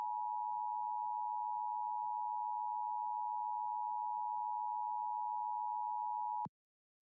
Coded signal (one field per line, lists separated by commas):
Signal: Emergency Alert System (SAME) tones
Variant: 853 and 960 Hz attention tone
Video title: SPECIAL EDITION: DX Central Live | 1100 -WCGA -GA DX Test | Friday, December, 23, 2022